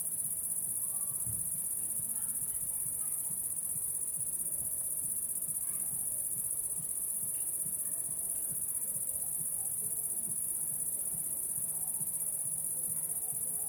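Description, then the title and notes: Cricket song, an unbroken high trill over faint low pulsing sounds and scattered soft chirps in the background. Crickets at La Sablière, Saint-Privat-de-Champclos, France; recorded with a Zoom H6 and an M/S microphone. "30430 Saint-Privat-de-Champclos, France - cricket la sabliére. cricket la sabliére Captation : ZOOMH6 + M/S Microphone"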